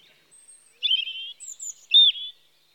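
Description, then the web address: European robin song: brief thin high whistle, then liquid warbled phrases with a very high sweet note between them, clear and unaccompanied. Recorded in spring. "The BBC Sound Effects Library. Robin (Erithacus Rubecula) Spring"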